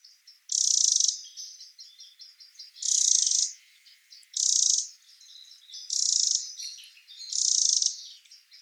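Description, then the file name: Eurasian wren song: five strong, high, rattling bursts a second or two apart, with softer rapid twitters filling the gaps. "Troglodytes troglodytes"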